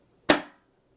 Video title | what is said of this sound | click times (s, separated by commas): Bambu Lab A1 Assembly Guide: Step-by-Step for Your First Print✅ | click them into place the yellow one just goes on there rotate a little little bit | 0.3 s